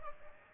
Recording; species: mosquito wingbeat signal from an infrared sensor; Aedes aegypti